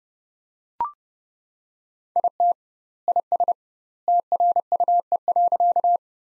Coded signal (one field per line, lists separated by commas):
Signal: Morse code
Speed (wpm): 32 wpm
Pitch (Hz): 700 Hz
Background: none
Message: IT IS TRUE.